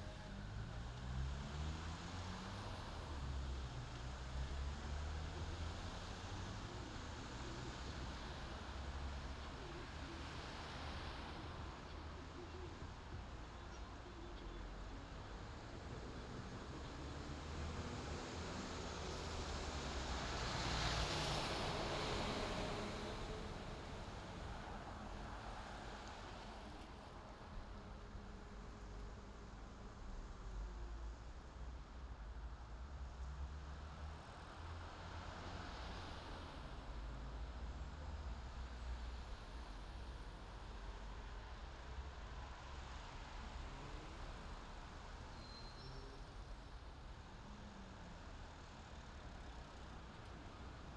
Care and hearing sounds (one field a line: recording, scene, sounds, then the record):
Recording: everyday scene through a hearing-aid microphone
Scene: in traffic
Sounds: traffic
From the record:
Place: main city hub, rush hour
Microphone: in the ear canal, left